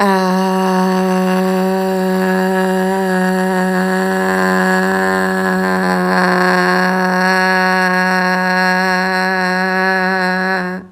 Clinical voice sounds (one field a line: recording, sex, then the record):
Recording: sustained vowel /a/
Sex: female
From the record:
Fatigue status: no fatigue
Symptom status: asymptomatic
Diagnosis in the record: COVID-19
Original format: m4a